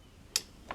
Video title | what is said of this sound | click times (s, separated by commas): SAWMILL SPECIAL REPORT . QUESTIONS ANSWERS & BS #290 | i heard it click but it it doesn't stay in as good as the one up in the front | 0.4 s